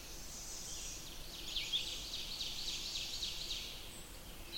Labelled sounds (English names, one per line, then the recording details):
Ovenbird song
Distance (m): 65 m
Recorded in boreal forest in Alberta, Canada, on 20 June 2016 at 06:14
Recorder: SongMeter 3, array SBT-6-81
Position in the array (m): 76 m, 101 m
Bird 23